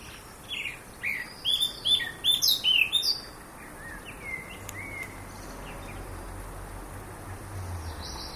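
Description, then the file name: Eurasian blackcap song: a rapid series of sharp, twittering notes for about three seconds. A soft phrase follows, then low rumbling background noise. "Sylvia atricapilla"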